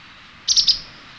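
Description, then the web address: White wagtail call, a quick run of three high chirps in under half a second, then quiet background hiss. Recorded 11 May 2018. "chikushishou bird watching club 2018 5 11 hakusekirei"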